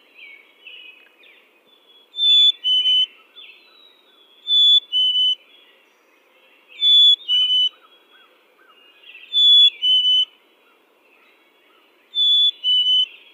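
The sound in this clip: Chickadee song of pure whistles, a high note falling to a lower two-part note, given five times at steady intervals, with faint twittering of other birds underneath.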